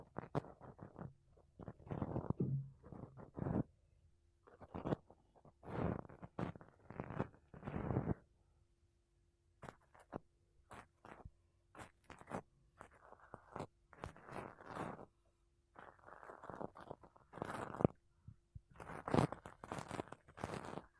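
Makeup brushes and a sponge rub and sweep across a microphone in short bursts of soft, scratchy rustling, each lasting about a second with brief quiet gaps between. Some strokes sound crisp and bright, others duller and crunchier, and a faint steady low hum runs underneath.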